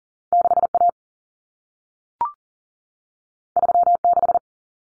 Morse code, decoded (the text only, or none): 6A 36